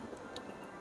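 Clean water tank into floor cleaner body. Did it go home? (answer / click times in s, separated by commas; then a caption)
yes / 0.4 s. The plastic clean water tank of a Tineco iFloor 2 floor cleaner is tilted, then pushed in from the front into the cleaner's body over a steady background sound. It snaps home with a short, sharp click at 0.4 s, meaning the tank is locked to the body.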